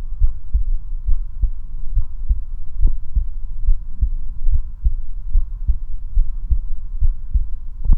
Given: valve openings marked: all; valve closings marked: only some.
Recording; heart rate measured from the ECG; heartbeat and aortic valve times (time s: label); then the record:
heart sounds by stethoscope; 70 bpm
0.23 s: heartbeat (ECG mark)
0.27 s: aortic valve opens (echo mark)
0.55 s: aortic valve closes (echo mark)
1.10 s: heartbeat (ECG mark)
1.15 s: aortic valve opens (echo mark)
1.44 s: aortic valve closes (echo mark)
1.98 s: heartbeat (ECG mark)
2.02 s: aortic valve opens (echo mark)
2.32 s: aortic valve closes (echo mark)
2.84 s: heartbeat (ECG mark)
2.88 s: aortic valve opens (echo mark)
3.17 s: aortic valve closes (echo mark)
3.70 s: heartbeat (ECG mark)
3.73 s: aortic valve opens (echo mark)
4.03 s: aortic valve closes (echo mark)
4.54 s: heartbeat (ECG mark)
4.58 s: aortic valve opens (echo mark)
4.86 s: aortic valve closes (echo mark)
5.36 s: heartbeat (ECG mark)
5.39 s: aortic valve opens (echo mark)
5.69 s: aortic valve closes (echo mark)
6.19 s: heartbeat (ECG mark)
6.23 s: aortic valve opens (echo mark)
6.52 s: aortic valve closes (echo mark)
7.04 s: heartbeat (ECG mark)
7.08 s: aortic valve opens (echo mark)
7.91 s: heartbeat (ECG mark)
7.94 s: aortic valve opens (echo mark)
From the record:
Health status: healthy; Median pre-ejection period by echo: 41 ms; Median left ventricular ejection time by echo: 295 ms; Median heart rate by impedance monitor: 70 bpm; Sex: male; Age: 19 years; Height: 179 cm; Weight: 78 kg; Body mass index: 24.34